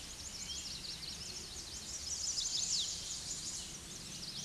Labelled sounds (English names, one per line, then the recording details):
Chestnut-sided Warbler song
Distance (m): 20 m
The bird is about 5 m below the microphone
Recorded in a Pennsylvania forest on 16 May 2024 at 07:19
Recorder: AudioMoth, point MSD-1679
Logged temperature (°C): 16.1 °C
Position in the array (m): 134 m, 151 m